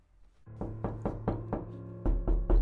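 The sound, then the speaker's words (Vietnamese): A series of solid knocks on a door from outside, about eight raps at a steady pace, ending with a few louder, heavier thuds. No voices. “Tiếng gõ cửa mỗi lúc một nhanh dần, ông cả chống tim đập loạn xạ.”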